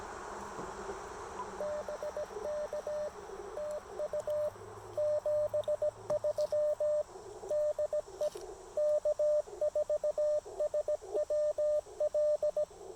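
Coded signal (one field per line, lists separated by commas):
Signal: Morse code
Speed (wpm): 17 wpm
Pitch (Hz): 600 Hz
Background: radio noise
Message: BK TU 73 DE K4SWL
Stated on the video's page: QRP Parks on the Air activation with an Icom IC-705, LDG Z-100 Plus tuner and Chameleon Tactical Delta Loop antenna.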